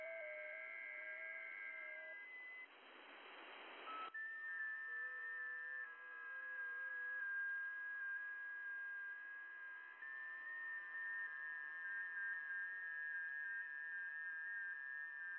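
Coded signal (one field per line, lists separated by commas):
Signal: FT8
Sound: several soft steady warbling tones overlapping, with a brief burst of hiss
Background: radio static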